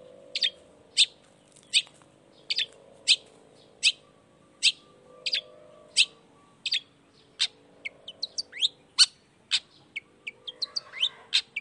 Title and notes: Cendet Gacor Dor Di Kala Pagi Toet Toet Variasi Suara. Cendet Gacor Di Pagi Hari Rangsangan Emosi Cendet Malas Bunyi Supaya Secepatnya Ikutan Bunyi. Burung cendet